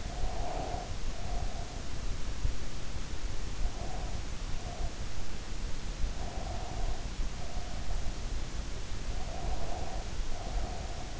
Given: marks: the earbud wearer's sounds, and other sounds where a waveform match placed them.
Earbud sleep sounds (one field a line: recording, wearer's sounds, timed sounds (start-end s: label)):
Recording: sounds in sleep by an in-ear microphone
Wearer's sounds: breath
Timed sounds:
0.00-2.14 s: breath
3.53-5.09 s: breath
6.07-8.25 s: breath
9.03-11.20 s: breath